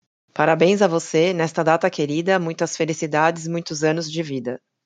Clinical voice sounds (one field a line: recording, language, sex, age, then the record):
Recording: short text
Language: Brazilian Portuguese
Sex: female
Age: 40 to 49 years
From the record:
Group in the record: control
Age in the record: 48 years